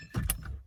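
A wiring harness plug is pushed back onto a new dash switch in a 2019 Ford F-150 XLT 4X4 300A, being fitted to add hill descent. Handling noise leads into a sharp click at 0.3 s as the connector seats, followed by a fainter tick near 0.5 s. The harness connector is confirmed clicked in.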